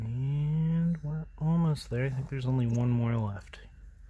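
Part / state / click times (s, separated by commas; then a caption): plastic dome shell pin into toy drone body / not seated / none. Someone talks while pushing the last remaining pin of a plastic dome shell into the body of a Scoot-Dome toy drone. The pin has not snapped or seated yet when the clip ends.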